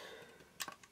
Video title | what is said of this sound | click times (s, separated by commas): Working with the mirror housing in Nikon F and other details | screen and you see it just pop into place because | 0.6 s